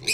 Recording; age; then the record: pig call; weaner (32 to 43 days)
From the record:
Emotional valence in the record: negative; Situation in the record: short isolation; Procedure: open field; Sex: female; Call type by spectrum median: high-frequency call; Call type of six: mixed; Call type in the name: high-frequency stable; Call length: 0.14 s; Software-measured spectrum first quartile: 2527 Hz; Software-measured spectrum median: 4141 Hz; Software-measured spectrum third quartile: 6306 Hz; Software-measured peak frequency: 2486 Hz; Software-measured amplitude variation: 147 dB a second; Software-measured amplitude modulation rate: 24.3 a second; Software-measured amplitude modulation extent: 6.1 dB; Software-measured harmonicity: 4.0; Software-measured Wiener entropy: -2.63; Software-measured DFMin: 1531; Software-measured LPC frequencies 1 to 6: 438, 2481, 4090, 4918, 5447, 6279 Hz